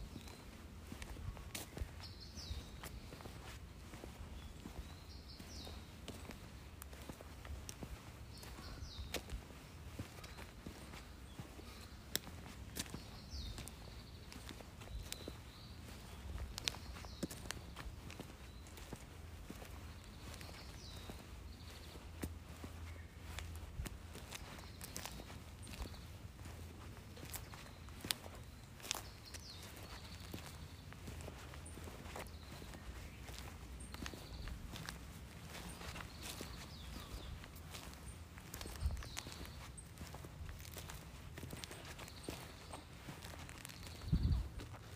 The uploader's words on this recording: Birds, woods, in walking.